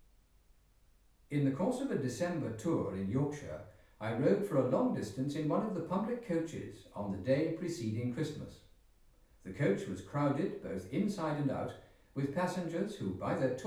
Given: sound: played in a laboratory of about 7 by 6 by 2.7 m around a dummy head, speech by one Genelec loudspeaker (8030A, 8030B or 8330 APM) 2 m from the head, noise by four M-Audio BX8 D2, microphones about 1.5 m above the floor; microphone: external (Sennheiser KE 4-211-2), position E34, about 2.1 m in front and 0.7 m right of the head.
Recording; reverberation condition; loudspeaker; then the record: male speech in English; medium; 120 degrees to the right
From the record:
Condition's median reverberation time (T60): about 510 ms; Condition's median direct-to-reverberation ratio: about -0.5 dB